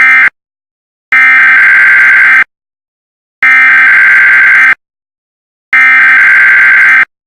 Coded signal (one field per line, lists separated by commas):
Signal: Emergency Alert System (SAME) tones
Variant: header bursts